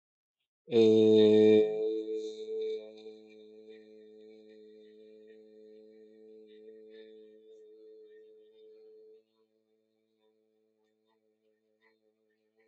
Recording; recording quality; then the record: sustained vowel as in made; excellent, no background noise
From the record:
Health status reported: healthy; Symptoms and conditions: none ticked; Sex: male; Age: 43 years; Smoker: not ticked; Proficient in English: yes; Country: India